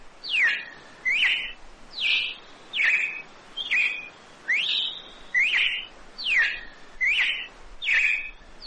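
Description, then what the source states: Red-cowled cardinal song of loud whistled downslurred phrases with rich endings, given in a regular series roughly every second. Female.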